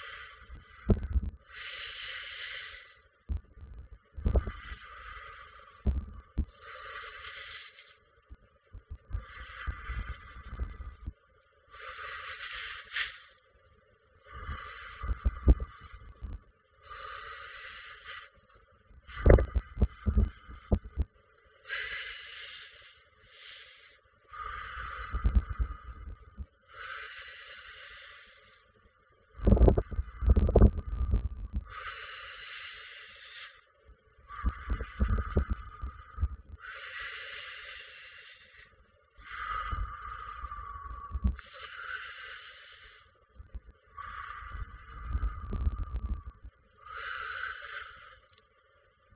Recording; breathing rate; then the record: paced breathing near a phone; 12 breaths a minute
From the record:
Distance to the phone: 40 cm